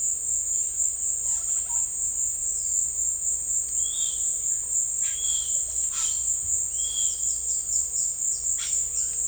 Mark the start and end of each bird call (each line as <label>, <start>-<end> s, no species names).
bird call, 3.61-9.28 s